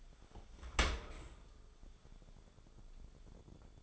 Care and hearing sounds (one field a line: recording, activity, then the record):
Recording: daily activity, microphone in the room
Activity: open dishwasher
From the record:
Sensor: 5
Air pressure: 1015.0 hPa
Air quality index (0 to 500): 121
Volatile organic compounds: 2 ppm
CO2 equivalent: 1302 ppm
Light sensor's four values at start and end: 35/80/32/32 and 35/80/32/32